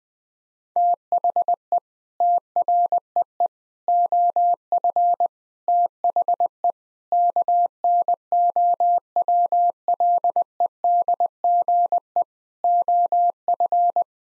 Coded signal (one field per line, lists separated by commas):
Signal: Morse code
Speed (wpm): 20 wpm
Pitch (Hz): 700 Hz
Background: none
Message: THE TREE OF THE KNOWLEDGE OF